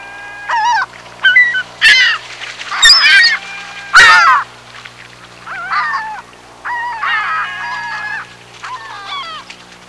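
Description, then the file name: Gull calling with loud, nasal, wavering cries, some harsh and abrupt, continuing irregularly throughout. "Seagulls"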